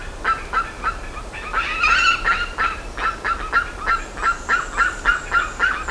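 Bird calls: a run of short, clipped notes repeated rapidly, a few louder, richer notes around the two-second mark, then the steady series resumes.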